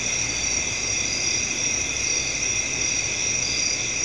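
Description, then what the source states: Crickets chirping in a dense chorus, a steady overlapping shimmer of high-pitched trills that carries on unbroken throughout, with no other clear sounds. Crickets recorded at night.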